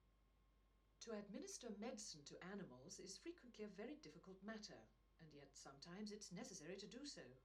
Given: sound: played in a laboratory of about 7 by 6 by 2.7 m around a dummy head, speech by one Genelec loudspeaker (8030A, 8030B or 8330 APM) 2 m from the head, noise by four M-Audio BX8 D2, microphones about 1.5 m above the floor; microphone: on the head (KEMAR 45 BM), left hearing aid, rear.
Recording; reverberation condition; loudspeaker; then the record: female speech in English; low; 30 degrees to the left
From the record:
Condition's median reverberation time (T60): about 310 ms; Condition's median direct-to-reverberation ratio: about 3.5 dB